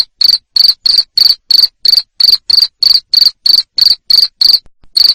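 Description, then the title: Cricket producing sharp, high trilled chirps at a quick steady pace, around three per second, with a brief pause near the end. Loud cricket chirping used to stimulate lovebirds to sing continuously (ngekek). "Suara JANGKRIK NGERIK Keras Bikin LOVEBIRD Jadi NGEKEK Terus Vubey"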